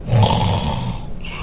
Snoring.